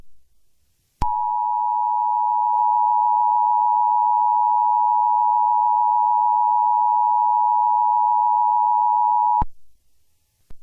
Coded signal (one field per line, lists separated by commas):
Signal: Emergency Alert System (SAME) tones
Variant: 853 and 960 Hz attention tone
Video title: EAS Scenario #24: Artificial Overintelligence